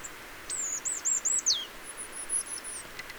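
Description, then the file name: Marsh tit call, a rapid chain of four or five high wavering notes ending in a downward sweep, followed by thin very high whistles over faint hiss. "Poecile palustris"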